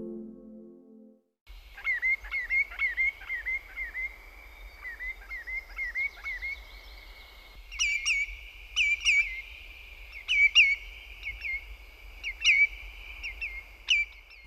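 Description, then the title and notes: Common Greenshank calls: a fast run of clear whistled notes, then louder ringing notes repeated at short intervals, with faint low rumble underneath. "Valkoviklo. Pertti Koskimies"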